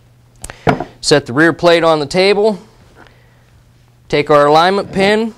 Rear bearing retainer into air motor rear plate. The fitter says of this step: rear bearing retainer in that just pops into place very nicely